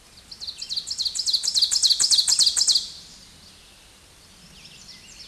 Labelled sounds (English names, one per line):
Ovenbird song